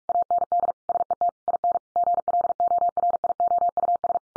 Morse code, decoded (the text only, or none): AND SET IN GLORIOUS